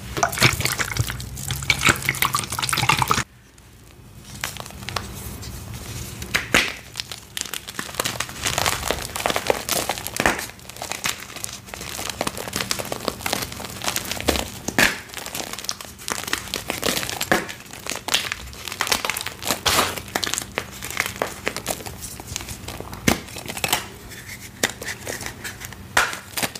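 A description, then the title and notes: Crunchy gym chalk blocks coated in thick paste are crushed, a dense run of crisp crackles and crinkling snaps that continues almost without pause. Near the three-second mark it drops briefly to near silence, then the brittle crunching resumes and carries on, steady. Purple Pasted Blocks (chunky pasted dyed gym chalk crush). Crushing crunchy gym chalk blocks covered in thick and chunky paste.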